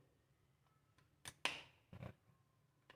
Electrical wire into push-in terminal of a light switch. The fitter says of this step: ini sudah terkunci